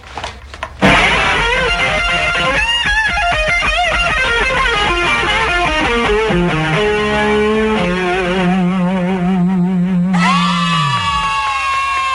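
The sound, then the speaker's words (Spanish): Loud distorted electric guitar played by Otto plays a wailing, bending lead line with sliding notes, settling into sustained buzzing tones before a final bright chord rings out and a low note drops away. “No sabía que tú supieras tocar la guitarra, Otto.”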